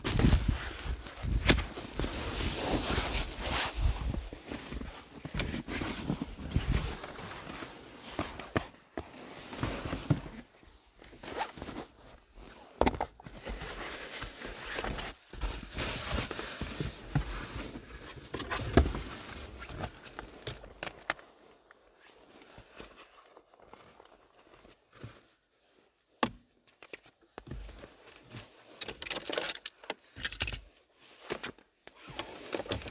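Crunching steps in snow and car sounds, with dense scraping bursts through the first twenty seconds, then sparse, irregular clicks and thumps.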